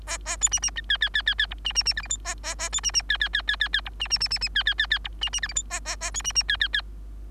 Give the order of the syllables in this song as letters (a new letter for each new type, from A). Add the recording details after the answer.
A A B C C D E E E E E F C C C G H I A A A B C C E E E E E E F C C C C C E E E E F C C G H I A A A B C C E E E. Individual Bird3